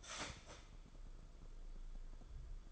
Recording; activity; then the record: daily activity, microphone in the room; start toaster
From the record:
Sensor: 5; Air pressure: 994.6 hPa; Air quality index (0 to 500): 183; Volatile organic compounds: 1000 ppm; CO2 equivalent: 5356 ppm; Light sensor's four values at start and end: 37/117/45/48 and 39/123/47/51